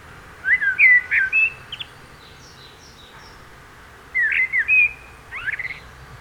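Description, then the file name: Eurasian blackbird singing two phrases of fluting whistles, with quiet background noise between. "Turdus merula"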